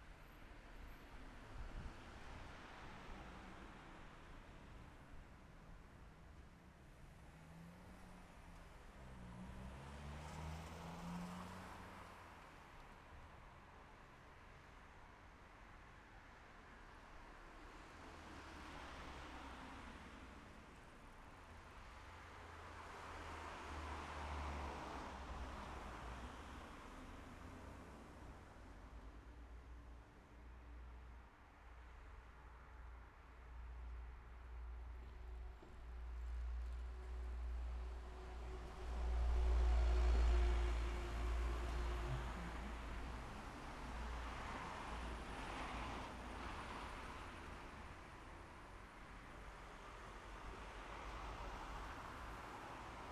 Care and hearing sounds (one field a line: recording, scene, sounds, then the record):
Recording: everyday scene through a hearing-aid microphone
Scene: in traffic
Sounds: traffic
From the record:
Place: city secondary road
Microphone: behind the ear, left, front